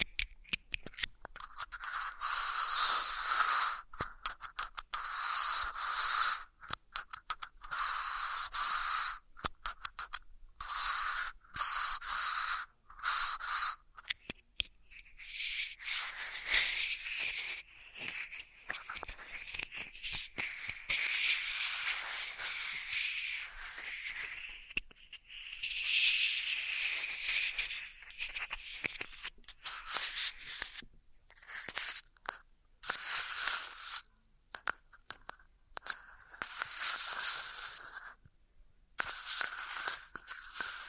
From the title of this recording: Ear Massage Triggers